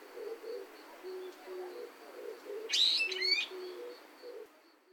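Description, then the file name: Brown-eared bulbul uttering a single shrill, rasping call in two quick parts midway, with faint low chirps and a steady high tone underneath. "ヒヨドリ"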